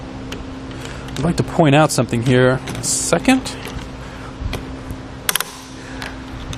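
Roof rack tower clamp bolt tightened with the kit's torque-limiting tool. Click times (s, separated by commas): 5.3 s, 5.4 s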